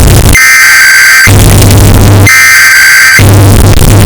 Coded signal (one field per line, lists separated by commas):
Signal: Emergency Alert System (SAME) tones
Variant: header bursts